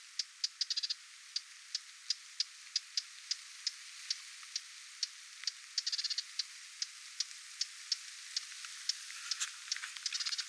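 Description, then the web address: Lesser whitethroat uttering repeated hard tacks, with a few short rapid chatters. Adult parent bird giving alarm or attention calls near its recently fledged young, 20 July 2026. "paivat 20 7 2026 hernekerttulintuemon huomioaantelya lentopoikastensa lahella"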